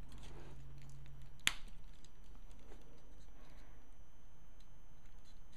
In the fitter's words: and you should hear a click